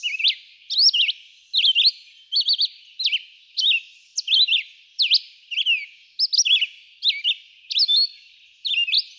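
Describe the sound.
Red-eyed vireo song: short whistled phrases, each with quick up-and-down slurs, given less than a second apart in a steady run.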